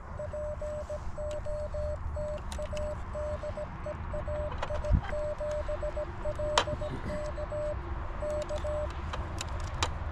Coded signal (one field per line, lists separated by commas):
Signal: Morse code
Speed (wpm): 17 wpm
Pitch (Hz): 600 Hz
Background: none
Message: POTA DE AI7LK K